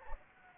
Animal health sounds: mosquito wingbeat signal from an infrared sensor; Anopheles gambiae

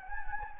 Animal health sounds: mosquito wingbeat signal from an infrared sensor; Anopheles gambiae

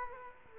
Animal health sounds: mosquito wingbeat signal from an infrared sensor; Culex quinquefasciatus

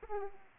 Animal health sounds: mosquito wingbeat signal from an infrared sensor; Aedes aegypti

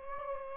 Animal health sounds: mosquito wingbeat signal from an infrared sensor; Aedes aegypti

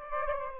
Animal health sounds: mosquito wingbeat signal from an infrared sensor; Aedes aegypti

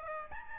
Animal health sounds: mosquito wingbeat signal from an infrared sensor; Aedes albopictus

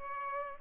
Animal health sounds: mosquito wingbeat signal from an infrared sensor; Culex pipiens

